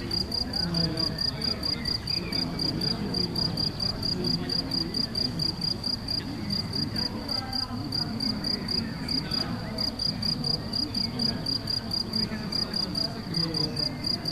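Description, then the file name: Cricket chirping steadily, high pulsed notes repeated rapidly over a busy low rumbling background with faint higher sounds. Crickets recorded in Galicia on 24 May 2014 with an MZ-N 710 recorder. "MZ-N 710 Grillons la Galicia re 24 05 14"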